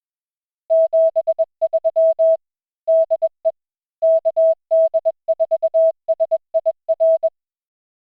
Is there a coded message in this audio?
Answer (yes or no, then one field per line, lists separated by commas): yes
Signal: Morse code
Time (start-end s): 0.7-7.3 s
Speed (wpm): 21 wpm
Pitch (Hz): 650 Hz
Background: music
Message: 73 DE KD4SIR